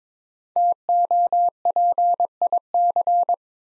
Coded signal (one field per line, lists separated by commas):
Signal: Morse code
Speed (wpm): 22 wpm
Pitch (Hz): 700 Hz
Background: none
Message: TOPIC